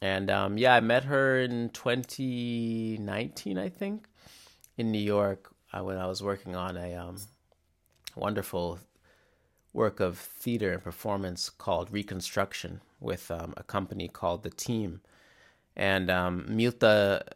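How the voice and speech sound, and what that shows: A low-pitched adult male voice, a person who stutters, speaks in short runs broken by silent stops of up to about a second mid-phrase, with stretched sounds and creaky, tight voice onsets. These fit stuttering with glottal blocks, which come across as silent pauses rather than repeated syllables.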